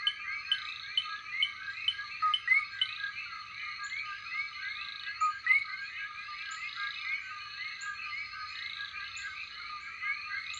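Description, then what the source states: Common coqui chorus, a dense steady wall of overlapping chirps from many frogs, with short high ticks repeating above it. Night chorus.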